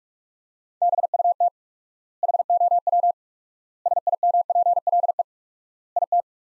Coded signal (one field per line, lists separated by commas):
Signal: Morse code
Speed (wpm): 46 wpm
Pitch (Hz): 700 Hz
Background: none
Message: BUT HOW SIMPLE IT